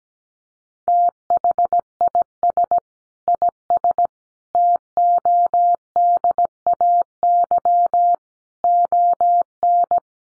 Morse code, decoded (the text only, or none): THIS IS TODAY ON